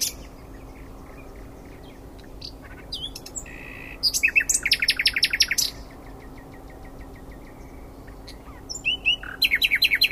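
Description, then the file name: Common nightingale song: scattered whistles and clicks, then a loud rapid run of repeated notes, a pause, and another fast trill at the end. "Luscinia megarhynchos"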